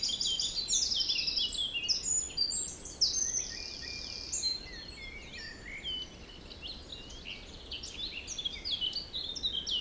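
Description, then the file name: Birds in a dense chorus: rapid high trills, twittering and sweeping whistles that crowd together early, then thin to scattered chirps. Forest in spring; windy, force 3 Beaufort; recorded at 1 pm. "Forest Spring Birds Windy 3 bft 1 pm"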